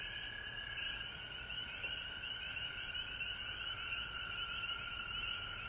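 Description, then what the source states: Chorus of frogs, many high notes merging into a steady shimmering drone with quick repeated chirps riding on top, low hum underneath. Frogs recorded at home in Georgia on March 19, 2020.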